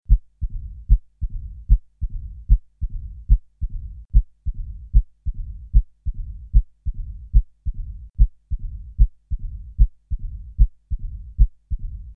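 Regular low-pitched heart sounds at about 75 beats a minute, with a low rumbling murmur filling the gap between beats: the diastolic rumble of severe mitral stenosis, a narrowed mitral valve, heard in an adult.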